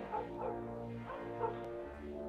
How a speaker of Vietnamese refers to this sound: thì ở ngoài đường tiếng chó sủa rộn ràng. Những con chó của các nhà xung quanh cứ tranh nhau sủa ầm ĩ.